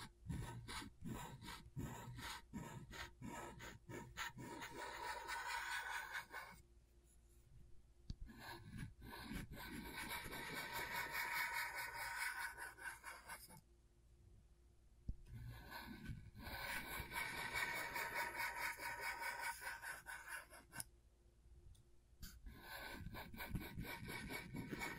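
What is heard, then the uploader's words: Scratchboard being worked: dense, rasping scratch strokes in long bursts of several seconds, broken by short pauses near 7, 14 and 21 seconds. The scraping is bright and gritty with quick repeated strokes, over a faint, steady low hum. ASMR Brain Tingling Scratchboard (No Talking).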